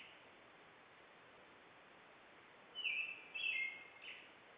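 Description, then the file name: European robin song, a few brief high warbling phrases near the end, sliding and wavering, over steady background hiss. "robin"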